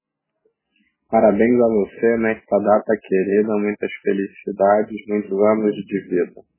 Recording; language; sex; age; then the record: short text; Brazilian Portuguese; male; 30 to 39 years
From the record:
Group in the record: control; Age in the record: 35 years